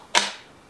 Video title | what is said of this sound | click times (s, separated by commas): Leaf Blower, SEYVUM 20V 5.0 Ah Battery 2 Speed 320CFM 150MPH Blower Fast Charger Included | you hear a click. | 0.2 s